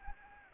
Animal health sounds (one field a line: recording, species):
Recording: mosquito wingbeat signal from an infrared sensor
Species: Anopheles gambiae